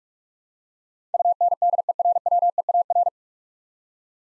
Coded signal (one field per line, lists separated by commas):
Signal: Morse code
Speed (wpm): 44 wpm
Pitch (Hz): 700 Hz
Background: none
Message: UNDERWEAR